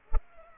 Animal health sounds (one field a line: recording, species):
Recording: mosquito wingbeat signal from an infrared sensor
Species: Culex pipiens